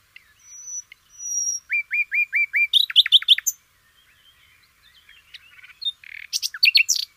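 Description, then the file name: Common nightingale song opening with thin whistles, then a series of repeated slurred notes in a steady rhythm, followed by scattered chirps and a loud closing flourish. "kicauan nightingale. omkicau"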